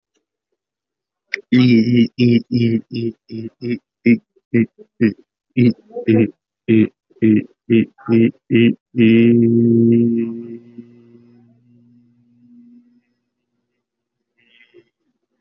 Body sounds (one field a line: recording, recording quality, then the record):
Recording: sustained vowel as in beet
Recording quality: poor, much background noise or distortion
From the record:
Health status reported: COVID-19 positive, mild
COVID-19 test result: positive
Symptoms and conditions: cough, chronic lung disease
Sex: male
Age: 52 years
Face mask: not worn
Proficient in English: yes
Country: India